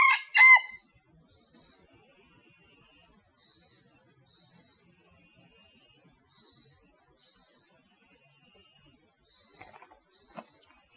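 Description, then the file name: Rooster gives two quick harsh notes at the start, then small birds chirp softly in repeated high phrases with a few faint rustles near the end. "tieng ga trong goi ga mai"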